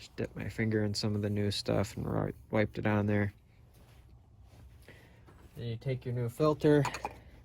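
During an oil change on a 2005.5–2011 MK5 Volkswagen Jetta TDI diesel, someone talks while handling a new paper cartridge oil filter element after wiping fresh oil on it with a finger, preparing to push it into the plastic filter housing cap. Quiet handling noise fills the pause between the talking, with a faint short sound near 4.9 s. Nothing has seated or clicked yet; the clip ends before the element goes home in the cap.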